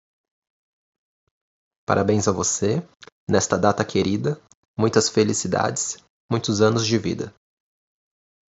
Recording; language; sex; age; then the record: short text; Brazilian Portuguese; male; 20 to 29 years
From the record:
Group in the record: control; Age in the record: 25 years